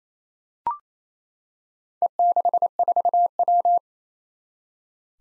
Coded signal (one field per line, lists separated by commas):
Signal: Morse code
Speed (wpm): 27 wpm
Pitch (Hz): 700 Hz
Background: none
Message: E64W